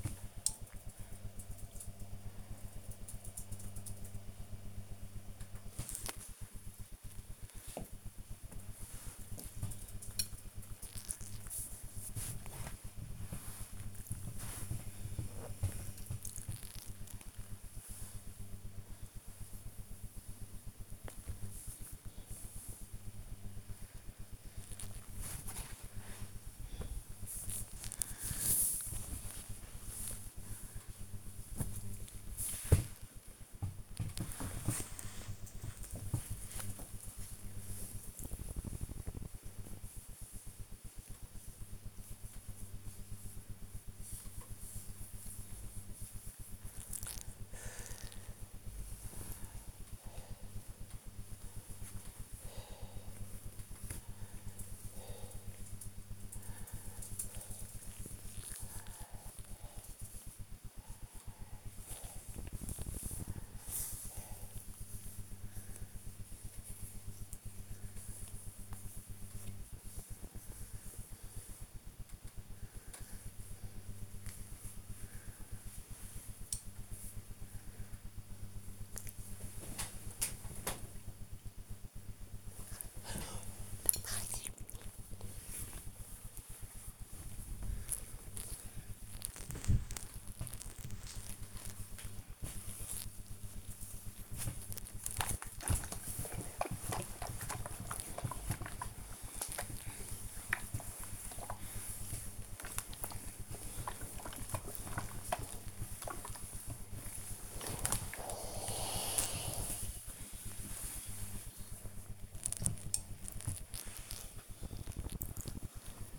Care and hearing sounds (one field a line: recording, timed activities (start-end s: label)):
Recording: household activities, microphone on the right wrist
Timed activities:
5.15-30.30 s: folding laundry
33.30-116.19 s: ironing laundry
77.79 s: note: voice